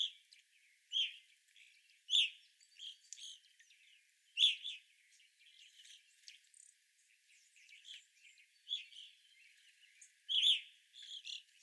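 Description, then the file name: Evening grosbeak calls, loud ringing chirps at irregular intervals over quieter background twitters. Several evening grosbeaks, recorded on 25 April 2021. "2021-04-25 Evening Grosbeaks"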